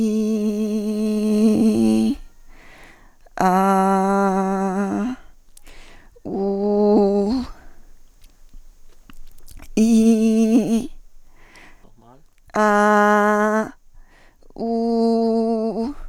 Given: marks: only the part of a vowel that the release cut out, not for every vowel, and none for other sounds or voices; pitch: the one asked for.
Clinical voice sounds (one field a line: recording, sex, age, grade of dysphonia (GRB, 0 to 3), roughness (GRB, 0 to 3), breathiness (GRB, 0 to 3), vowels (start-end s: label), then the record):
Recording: sustained vowels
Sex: female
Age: 40 to 49 years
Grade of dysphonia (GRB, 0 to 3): 1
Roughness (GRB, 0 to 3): 1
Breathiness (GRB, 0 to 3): 0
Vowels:
0.00-1.93 s: vowel /i/, normal pitch
3.52-4.96 s: vowel /a/, normal pitch
6.40-6.95 s: vowel /u/, normal pitch
9.83-10.52 s: vowel /i/, high pitch
12.67-13.52 s: vowel /a/, high pitch
14.70-15.65 s: vowel /u/, high pitch
From the record:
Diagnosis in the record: spasmodic dysphonia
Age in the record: 46 years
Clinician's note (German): Verdacht auf SD, DD: Hyperfunktionelle Dysphonie, asymmetrisch verkürztes Schwingungsbild